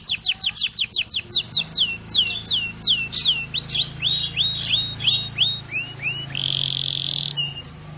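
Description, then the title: Canary song: a series of quick descending whistled sweeps that slow and lower, then a long flat buzzy trill, over a low steady hum. Canary long rolling song used as a master recording for training birds. "Master Burung Jos"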